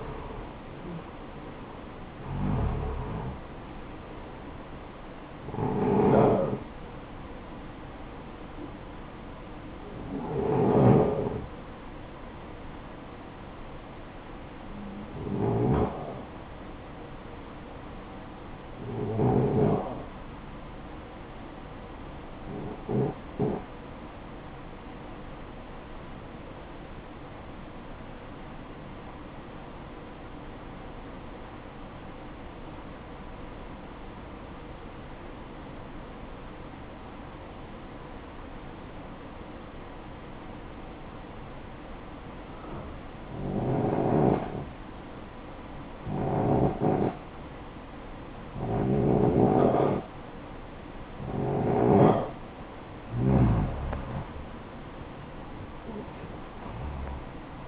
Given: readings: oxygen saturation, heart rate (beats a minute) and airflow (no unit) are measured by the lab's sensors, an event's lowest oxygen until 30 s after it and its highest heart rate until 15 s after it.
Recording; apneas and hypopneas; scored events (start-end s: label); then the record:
breathing in sleep by a voice recorder at the bedside; 1
28.00-46.30 s: obstructive apnea (REM, oxygen 93% highest, then 83% lowest, heart rate 63 at the start, 71 highest)
From the record:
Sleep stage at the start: REM sleep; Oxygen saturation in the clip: 75 to 93%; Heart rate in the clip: 58 to 77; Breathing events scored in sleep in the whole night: 573 in 9.8 hours asleep